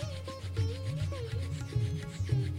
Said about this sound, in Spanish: Y cuando ya sienta que es suficiente, voy a sacudir mis manos. Voy a friccionar nuevamente palma con palma.